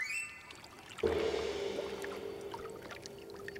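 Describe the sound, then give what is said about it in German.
Calm bay water laps and trickles against a boat moored under the branches of a gnarled pine on a moonlit night, with a soft burst of sloshing about a second in, then a steady, gentle gurgle. No one speaks. “Sanftes Mondlicht schien auf das stille Wasser der Bucht.”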